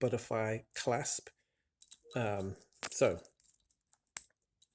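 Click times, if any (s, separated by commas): 4.2 s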